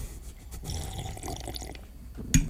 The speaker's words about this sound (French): Je vais prendre une gorgée de café. Prends une gorgée de café.